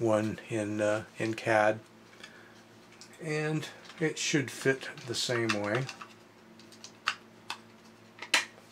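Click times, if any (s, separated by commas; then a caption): 8.3 s. Someone talks while a CAD-designed, 3D-printed plastic replacement battery door is fitted into the battery compartment of a 1969 Hong Kong "Mr. Astronaut" battery-operated toy robot, made because the original door is usually missing. After the talking, a few light plastic taps and handling sounds are followed by a sharp snap at 8.3 seconds as the door seats in place, fitting the same way as the original.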